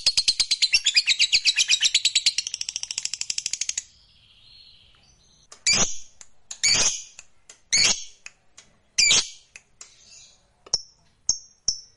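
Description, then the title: Lovebird song: a fast, shrill chattering run, then a short pause followed by spaced harsh squawks and a few thin high notes. Fighter lovebird singing energetically (gacor). "Berkat SUARA Lovebird FIGHTER GACOR Ini"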